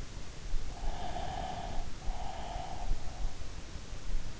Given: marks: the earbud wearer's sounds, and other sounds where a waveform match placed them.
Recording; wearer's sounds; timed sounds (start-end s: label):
sounds in sleep by an in-ear microphone; breath
0.79-3.31 s: breath